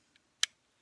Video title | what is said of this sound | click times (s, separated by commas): Glock 19 gen4 trigger upgrade | it is you hear it click it's done | 0.4 s